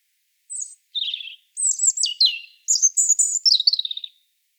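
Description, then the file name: European robin song, a run of varied phrases: high thin notes, lower trills, and sliding whistles tumbling down in quick succession. "Erithacus rubecula"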